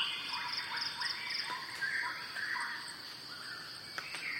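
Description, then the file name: Shama singing varied whistled phrases over a steady high insect buzz. "shama-song listening-earth"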